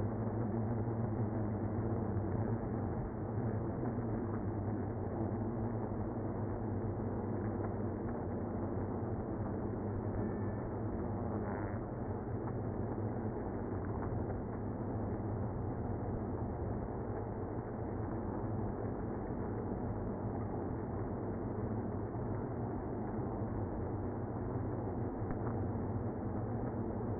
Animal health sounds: honeybee colony, microphone inside the hive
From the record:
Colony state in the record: queenless (queen removed); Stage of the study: after two queens were removed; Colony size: about 60,000 bees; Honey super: yes

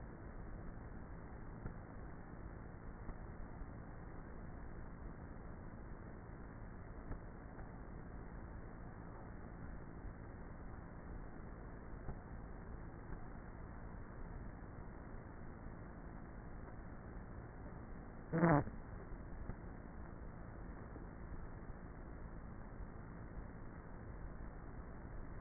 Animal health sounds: honeybee colony, microphone inside the hive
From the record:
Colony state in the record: queenless with a low population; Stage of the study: before two queens were removed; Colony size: about 30,000 bees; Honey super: no

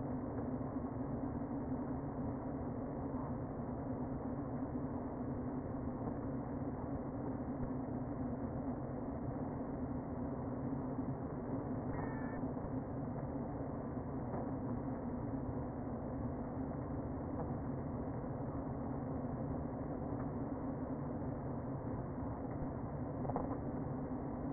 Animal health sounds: honeybee colony, microphone inside the hive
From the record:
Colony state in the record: queen present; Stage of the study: before two queens were removed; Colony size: about 60,000 bees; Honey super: yes

